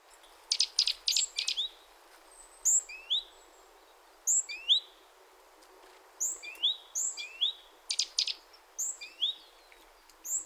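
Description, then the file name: Great tit calls: bright rising slurred notes repeated in loose groups, mixed with short buzzy bursts of higher chatter, over faint steady background hiss. "Parus major"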